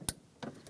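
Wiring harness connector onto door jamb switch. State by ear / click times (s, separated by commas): seated / 0.1 s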